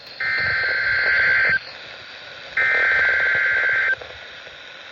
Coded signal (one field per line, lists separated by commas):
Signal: Emergency Alert System (SAME) tones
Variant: header bursts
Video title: KXI66 6pm Required Weekly Test 11/5/25 EAS #512